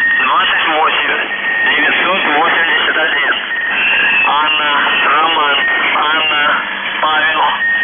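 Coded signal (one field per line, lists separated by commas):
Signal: numbers station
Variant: UVB-76, Russian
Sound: a male voice speaking continuously over a noisy shortwave channel, no buzzing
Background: radio static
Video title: The Buzzer/UVB-76(4625Khz) November 10, 2021 08:16UTC Voice message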